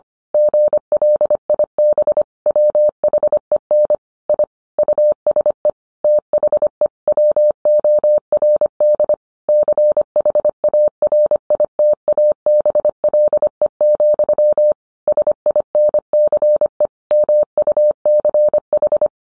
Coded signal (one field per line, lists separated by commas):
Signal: Morse code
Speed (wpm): 25 wpm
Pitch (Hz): 600 Hz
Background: none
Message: GLIB WHEN I USE THE WORD CHARITABLE, SINCE MUCH